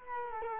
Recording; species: mosquito wingbeat signal from an infrared sensor; Culex quinquefasciatus